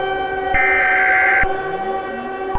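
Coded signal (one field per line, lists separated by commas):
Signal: Emergency Alert System (SAME) tones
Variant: header bursts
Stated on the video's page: Fictional EAS scenario using valid EAS tones.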